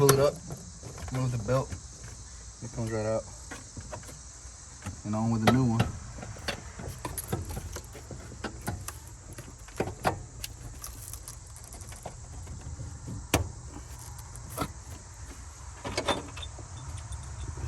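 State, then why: Not seated. Someone talks while a replacement alternator is handled into its engine mounting bracket after the belt has been removed, with sharp knocks and taps at about 10.1, 10.4, 13.3, 16.0 and 16.1 seconds over a steady background hiss. Nothing has seated or clicked yet; the alternator is not yet home in its mount when the clip ends.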